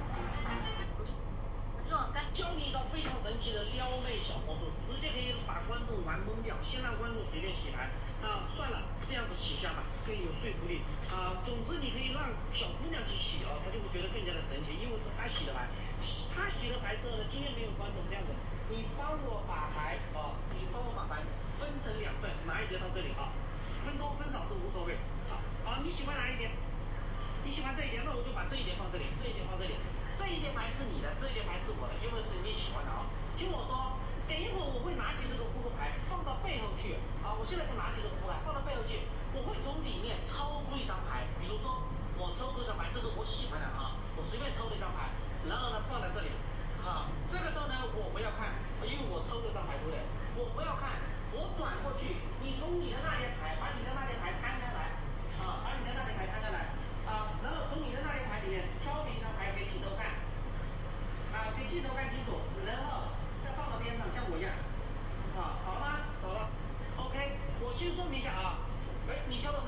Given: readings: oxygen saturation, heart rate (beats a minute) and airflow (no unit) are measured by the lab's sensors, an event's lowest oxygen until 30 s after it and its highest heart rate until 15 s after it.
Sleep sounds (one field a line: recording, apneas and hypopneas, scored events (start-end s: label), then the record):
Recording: a person awake in a sleep study, by a smartphone at the bedside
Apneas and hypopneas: none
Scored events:
0.00-69.68 s: awake
From the record:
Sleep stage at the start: awake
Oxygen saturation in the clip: 92 to 95%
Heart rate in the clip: 58 to 67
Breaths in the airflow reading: 23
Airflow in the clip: -6.7 to 5.9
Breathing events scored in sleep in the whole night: 476 in 9.7 hours asleep